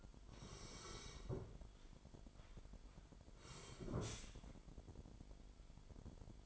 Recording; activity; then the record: daily activity, microphone in the room; sit down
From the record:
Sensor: 5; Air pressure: 998.6 hPa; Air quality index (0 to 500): 84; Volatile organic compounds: 1 ppm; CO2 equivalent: 960 ppm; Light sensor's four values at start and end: 51/124/51/57 and 49/119/50/55